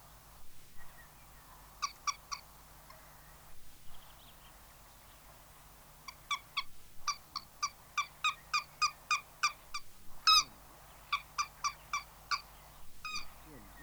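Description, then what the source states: Lesser White-fronted Goose calls: series of high, squeaky yelping notes in bursts, with quieter gaps between. Field recording by Sten Wahlström, from a Swedish mountain and coastal birds cassette released in 1984.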